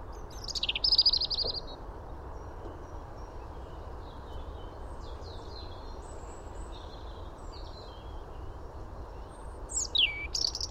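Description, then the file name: European robin: a short burst of high notes near the start, faint high notes in the middle, and a falling, whistled sweep near the end, over steady low background noise. "Erithacus rubecula"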